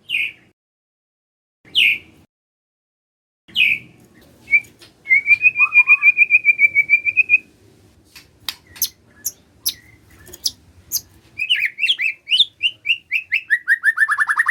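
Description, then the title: White-rumped shama: sharp scattered notes, a long even trill, clicking sounds, then descending whistled notes repeated in a series. White-rumped shama whistling song, meant to make lazy shamas start singing. "PANCINGAN MURAI BATU. SIULAN MURAI BATU❗ PANCINGAN MURAI MALAS AGAR BUNYI"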